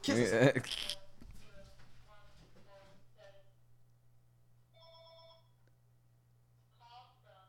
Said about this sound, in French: Pourquoi le téléphone sonne là, là? Hein? Qu'est-ce que c'est ça, là? On va aller voir ça.